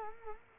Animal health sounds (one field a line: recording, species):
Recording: mosquito wingbeat signal from an infrared sensor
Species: Culex quinquefasciatus